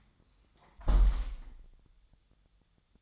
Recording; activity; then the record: daily activity, microphone in the room; close window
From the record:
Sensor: 3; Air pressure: 1004.6 hPa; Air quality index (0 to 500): 103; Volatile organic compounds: 4 ppm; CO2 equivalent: 1614 ppm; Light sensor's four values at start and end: 7/17/7/6 and 7/16/6/6